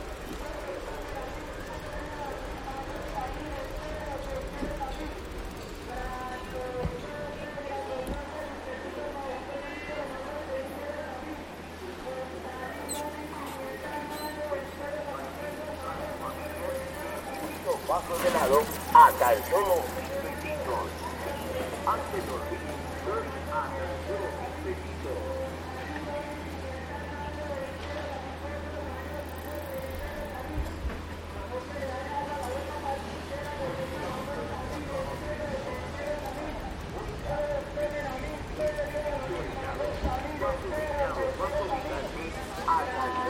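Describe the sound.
A bicycle ride through central Bogotá, with a constant murmur of voices from people on the street all the way through. A steady low drone of traffic runs underneath, louder between about 11 and 37 seconds, and a sharp clattering burst stands out around 18 to 19 seconds.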